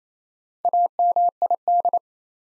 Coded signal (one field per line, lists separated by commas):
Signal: Morse code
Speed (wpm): 27 wpm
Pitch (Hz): 700 Hz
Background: none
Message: AMID